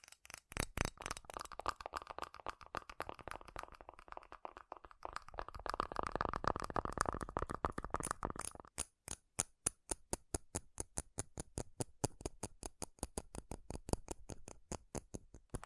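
Fast, furious tapping on metal, sharp clicks packed tightly together. For the first eight seconds the taps blur into a dense ringing rattle that swells around six to eight seconds, then stop abruptly. After that the taps come separately at a quick, fairly steady pace to the end.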